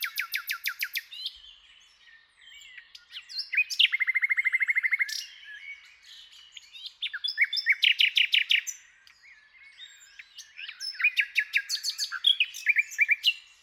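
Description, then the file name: Common nightingale singing varied phrases separated by short pauses, including a fast, even rattle-like trill around the four-second mark and bursts of sharp, repeated chirping notes. "Luscinia megarhynchos"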